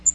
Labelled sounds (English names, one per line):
Magnolia Warbler flight call